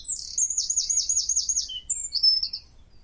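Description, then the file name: Eurasian wren song: a loud, very high run of fast repeated notes, then a few sharp whistled elements, all crisp against a quiet background. "Troglodytes troglodytes"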